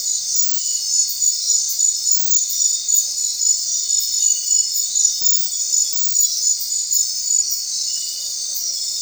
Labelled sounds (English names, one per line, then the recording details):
none
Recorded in secondary vegetation near Puerto Asís, Putumayo, Colombia, on 29 June 2025 at 21:30
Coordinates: 0.499, -76.323
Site G077